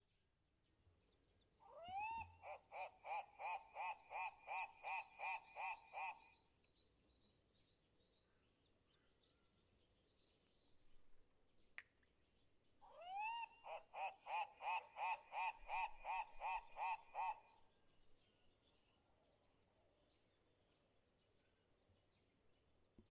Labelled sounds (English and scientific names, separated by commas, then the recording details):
White-crested Turaco (Tauraco leucolophus)
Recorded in northern Uganda